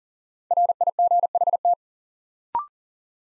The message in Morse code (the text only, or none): RIGHT